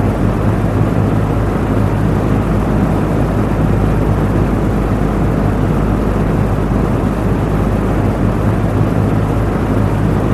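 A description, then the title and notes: A box fan runs on low speed with a steady, dense whoosh that never changes over the ten seconds. The sound sits low and full, with a faint hum underneath and little brightness at the top. Box Fan, Low Speed: White Noise for Deep Sleep. The steady sound of a box fan on low speed.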